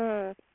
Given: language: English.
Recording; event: throat vibration sensor signal played as sound; speech